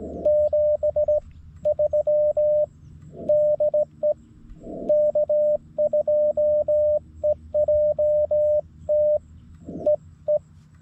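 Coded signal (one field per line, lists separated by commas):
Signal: Morse code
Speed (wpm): 16 wpm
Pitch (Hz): 590 Hz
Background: radio noise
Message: 73 DE K2EJT EE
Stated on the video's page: Slow (QRS) CW sent by hand on a straight key at 14–16 WPM, park activation, G90 transceiver, vertical antenna, 20 W, lower than normal signal reports.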